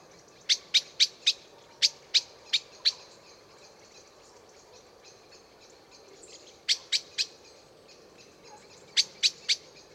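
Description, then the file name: Common blackbird repeating sharp metallic chinks in quick groups of three to four, pausing between bursts. "Turdus merula"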